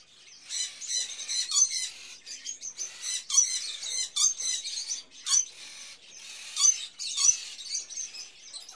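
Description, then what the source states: Birds chattering with dry, ratchet-like rattles and thin squeaks, repeated in short bursts over a constant high twittering background. Various birds in a pet shop, recorded as ambience.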